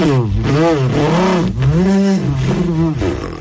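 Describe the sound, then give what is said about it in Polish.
A voice imitates with the mouth a car overtaking: a loud, buzzing engine drone that rises and falls in pitch like revving, with horn-like honks and indicator ticks, continuous for a few seconds. “i tam wyprzedza, migacze włącza, klakson i takie różne efekty samochodowe.”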